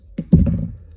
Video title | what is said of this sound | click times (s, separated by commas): unboxing, tricks and tips AIRITON DM-188 - Lisheng 5L IP68 DMR | 扣上这个锁。我觉得要把它弄出来真的非常非常难。 | 0.2 s, 0.3 s